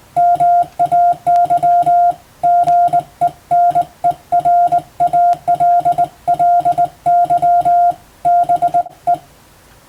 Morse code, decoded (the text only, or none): MAY GENERALLY BE